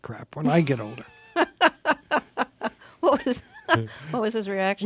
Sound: soundbite of laughter

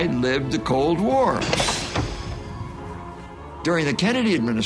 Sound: soundbite of explosion

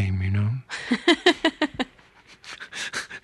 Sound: soundbite of laughter

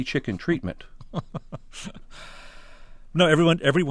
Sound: soundbite of laughter

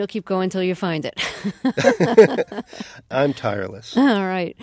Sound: soundbite of laughter

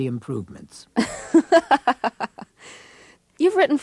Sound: soundbite of laughter

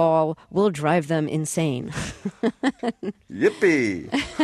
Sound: soundbite of laughter

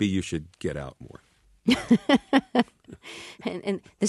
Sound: soundbite of laughter

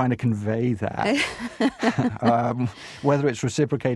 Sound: soundbite of laughter

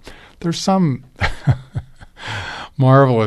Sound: laugher

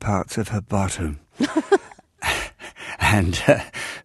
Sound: soundbite of laughter

